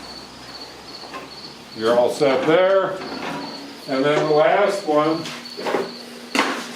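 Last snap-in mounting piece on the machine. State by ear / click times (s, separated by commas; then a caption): seated / 6.4 s. Someone talks while the last of several snap-in mounting pieces is pressed into position on a machine during a Chatternator installation, with a steady high-pitched tone in the background. A sharp, short click at 6.4 s marks the piece snapping into place, and it is seated.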